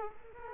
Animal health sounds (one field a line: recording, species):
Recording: mosquito wingbeat signal from an infrared sensor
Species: Culex quinquefasciatus